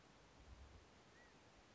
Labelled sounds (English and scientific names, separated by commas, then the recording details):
California Quail (Callipepla californica)
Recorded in Sonoma County, California